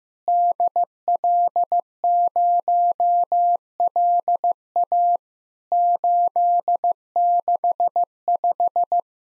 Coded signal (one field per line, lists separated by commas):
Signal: Morse code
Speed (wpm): 15 wpm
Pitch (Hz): 700 Hz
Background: none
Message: DL0LA 865